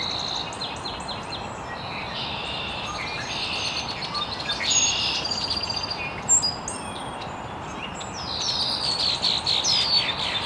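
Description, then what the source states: Several birds chirping and trilling, with bursts of quick notes, busier near the end, over continuous hiss. Birds chirping very early in the morning in an estuary.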